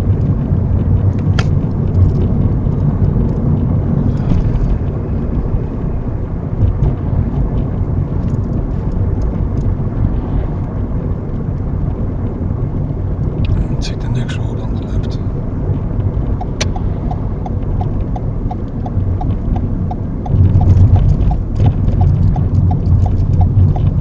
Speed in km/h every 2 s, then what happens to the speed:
42, 44, 44, 44, 42, 42, 42, 40, 40, 35, 32, 27.
0-16 steady at about 42. 16-24 slows to 27.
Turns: none.